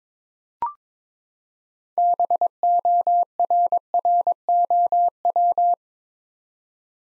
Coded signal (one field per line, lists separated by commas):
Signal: Morse code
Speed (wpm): 22 wpm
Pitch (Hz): 700 Hz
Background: none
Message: BORROW